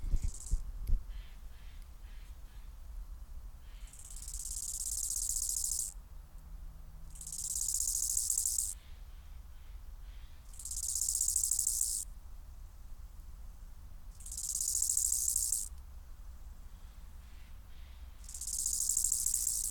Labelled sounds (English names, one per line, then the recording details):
Bow-winged Grasshopper stridulation
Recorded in the wild
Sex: male
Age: imago
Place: Summt, Brandenburg, DE
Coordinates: 52.682, 13.377
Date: 1996-09-01 13:20
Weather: heiter, 17-18°C
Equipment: Sony MD-WM MZ-R3, Sennheiser MKH 416 T, Kopie Uher 4000 Report Monitor
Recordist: Tembrock, Günter